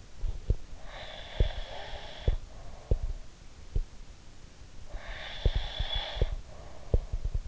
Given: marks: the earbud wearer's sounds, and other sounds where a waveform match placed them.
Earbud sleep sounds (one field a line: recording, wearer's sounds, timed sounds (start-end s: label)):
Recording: sounds in sleep by an in-ear microphone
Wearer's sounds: breath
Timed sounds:
0.00-0.60 s: sound from someone else or the room
0.67-3.41 s: breath
1.31-3.83 s: sound from someone else or the room
4.84-7.48 s: breath
5.37-7.48 s: sound from someone else or the room